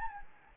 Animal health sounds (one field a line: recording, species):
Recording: mosquito wingbeat signal from an infrared sensor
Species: Anopheles gambiae